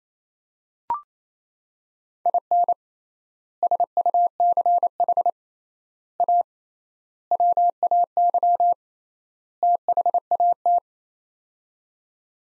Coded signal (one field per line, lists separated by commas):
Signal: Morse code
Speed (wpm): 27 wpm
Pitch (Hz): 700 Hz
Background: none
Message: IN SUCH A WAY THAT